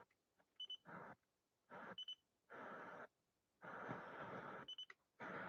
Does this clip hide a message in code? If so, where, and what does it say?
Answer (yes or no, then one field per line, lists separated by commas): no